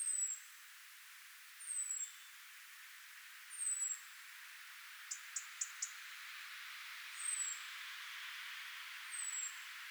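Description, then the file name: European robin whistling high, thin, descending calls about every two seconds, with four quick sharp ticks in the middle. "Erithacus rubecula"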